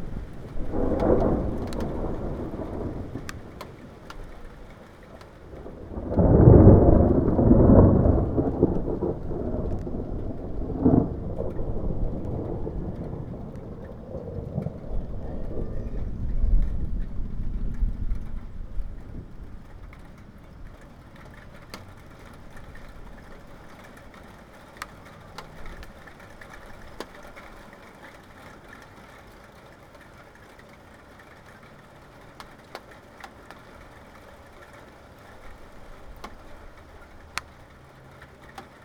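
Thunder rumbles loudly in the first half, peaking around seven seconds, then fades into a quiet, steady hiss with scattered faint drips.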